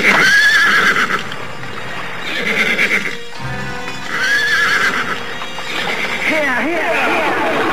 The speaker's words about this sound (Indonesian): Segera saja para prajurit itu memacu kuda mereka.